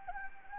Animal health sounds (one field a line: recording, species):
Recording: mosquito wingbeat signal from an infrared sensor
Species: Anopheles gambiae